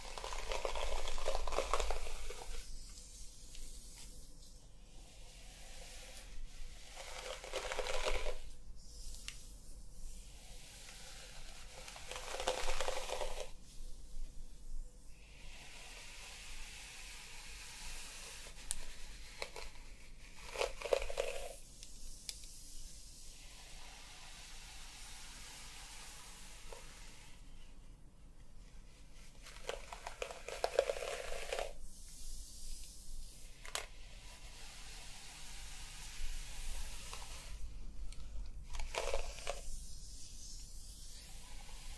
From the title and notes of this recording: ASMR Playing With Your Hair Until You Sleep Hair Brushing, Scalp Massage & Hair Play.